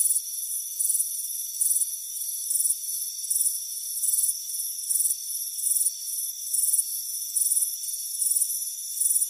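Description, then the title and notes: High, pulsed cricket chirps recur in a fairly steady rhythm, with a sustained high-pitched drone underneath. Crickets chirping on a warm afternoon by a front porch. "Soothing Crickets Chirping Sound. It's a warm afternoon as you relax in a hammock on the front porch. Relax and fall asleep to the soothing sound of chirping crickets. Deep Sleep Sounds"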